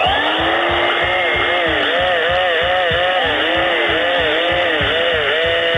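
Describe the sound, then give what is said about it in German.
A vacuum cleaner roars steadily while an electric drill whines over it, its pitch swooping up and down in repeated short bursts. Loud and continuous throughout, with no voices. “Heute zwei Instrumente, die out sind und wohl auch für immer out bleiben werden. Der Staubsauger und die Bohrmaschine.”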